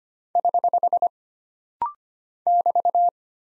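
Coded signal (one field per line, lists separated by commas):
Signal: Morse code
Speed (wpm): 25 wpm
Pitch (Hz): 700 Hz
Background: none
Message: <HH> <BT>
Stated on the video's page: Rapid-fire 25 wpm drill of single punctuation and prosign characters, each sent in Morse, spoken, then sent again.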